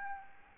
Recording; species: mosquito wingbeat signal from an infrared sensor; Aedes albopictus